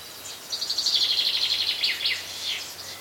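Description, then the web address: Chaffinch song: a bright rattling series of high notes that descends and ends in a flourish. Midday on the Lassithi plateau, Greece. "greece midday atmosphere on lassithi plateau with birds chaffinches and insects. BBC Atmos Countryside"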